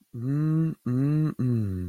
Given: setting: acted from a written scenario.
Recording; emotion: vocal sound without words; romantic love